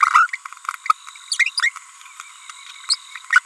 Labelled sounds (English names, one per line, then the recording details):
Green-rumped Parrotlet babbling
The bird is a female
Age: 30 days
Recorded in a nest box in Venezuela
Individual 17B42B3